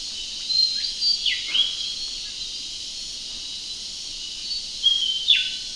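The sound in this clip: Yellow-throated leafbird: a few high whistled notes and swooping slurs near the start, then another short burst near the end, with persistent hiss.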